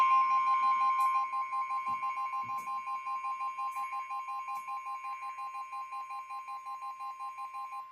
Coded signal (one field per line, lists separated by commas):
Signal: Emergency Alert System (SAME) tones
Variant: 1050 Hz attention tone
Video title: TORNADO WARNING ON TV + SPECIAL MARINE WARNING (EAS #74- 75)